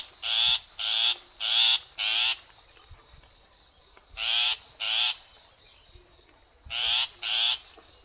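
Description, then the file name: Long-tailed shrike uttering loud, grating, rasping notes in quick bursts: four, a pause, two, a pause, then two more. "棕背伯勞"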